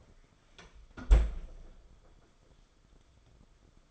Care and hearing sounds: daily activity, microphone in the room; close fridge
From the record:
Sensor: 5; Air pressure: 994.5 hPa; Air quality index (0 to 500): 192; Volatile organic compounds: 1000 ppm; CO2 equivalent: 5646 ppm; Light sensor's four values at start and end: 36/113/44/46 and 43/134/52/57

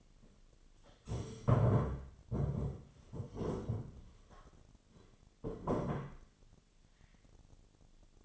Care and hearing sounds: daily activity, microphone in the room; stand up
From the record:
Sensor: 4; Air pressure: 1008.8 hPa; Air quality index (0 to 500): 171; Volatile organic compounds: 5 ppm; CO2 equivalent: 1717 ppm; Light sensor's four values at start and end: 23/73/28/27 and 23/73/28/27

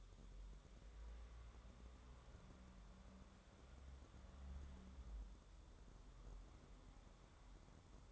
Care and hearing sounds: daily activity, microphone in the room; wipe stove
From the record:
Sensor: 3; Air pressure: 1015.1 hPa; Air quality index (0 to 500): 52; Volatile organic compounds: 1 ppm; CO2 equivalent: 666 ppm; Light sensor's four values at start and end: 15/38/15/16 and 15/38/15/16

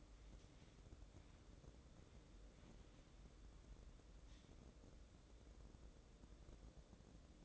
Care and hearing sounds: daily activity, microphone in the room; wipe stove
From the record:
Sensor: 3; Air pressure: 1012.3 hPa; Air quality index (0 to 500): 178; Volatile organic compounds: 3 ppm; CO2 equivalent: 1362 ppm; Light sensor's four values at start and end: 566/1406/581/594 and 565/1404/580/593

